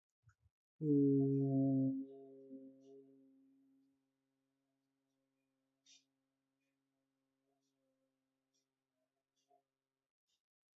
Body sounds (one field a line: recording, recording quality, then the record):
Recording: sustained vowel as in boot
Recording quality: excellent, no background noise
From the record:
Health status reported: healthy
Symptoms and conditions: cough, cold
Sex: male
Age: 39 years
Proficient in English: yes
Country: India